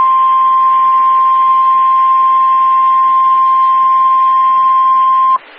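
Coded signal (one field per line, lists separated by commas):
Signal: Emergency Alert System (SAME) tones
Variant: 1050 Hz attention tone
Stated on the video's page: Live severe thunderstorm warning with valid EAS tones.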